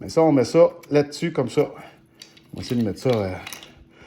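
Someone talks while handling the VVT wiring cable, getting its plastic retaining clips ready to snap onto the engine studs. There are only faint handling sounds under the voice, and the clip ends before the part goes home: nothing has seated or clicked yet.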